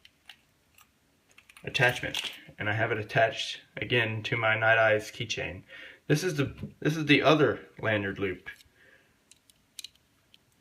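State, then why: Seated. A lanyard loop attachment for a Leatherman Surge multitool is fitted into the tool's clip mount, the same spot as the belt clip, while someone talks. After the talking stops, small clicks and handling sounds follow, and the loop snaps into place with a sharp click at 9.8 s.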